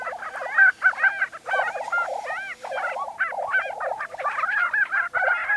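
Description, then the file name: Lesser prairie chicken calls: loud overlapping arched yelps and rapid bubbling clucks from several birds, continuous with only short pauses. Recorded on 20 April 2013. "2013-04-20 Lesser Prairie Chicken"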